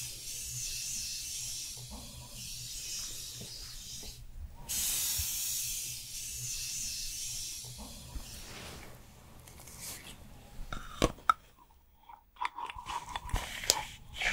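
A skincare routine: repeated hissing sprays in bursts through the first ten seconds, then quieter handling clicks, taps and a brief low tone.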